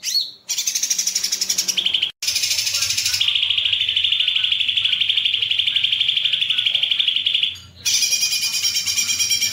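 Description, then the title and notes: Streaked spiderhunter giving a long rapid rattling trill that drops to a lower steady pitch midway, broken by abrupt cuts. Bird-training (masteran) song; the bird is gacor, singing continuously, with a clear and long song. "Pijantung Gunung Gacor Jernih Panjang. Masteran burung"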